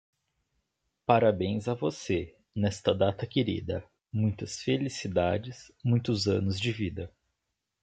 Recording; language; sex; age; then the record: short text; Brazilian Portuguese; male; 20 to 29 years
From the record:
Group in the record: control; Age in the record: 23 years